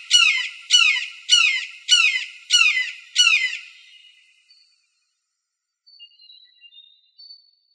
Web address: Birds of Prey AZFO RSHA deviche 031503